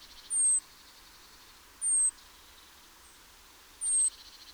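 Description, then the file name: Great tit calls: three thin, high, slightly falling notes spaced well apart, with faint buzzy chatter. "Parus major"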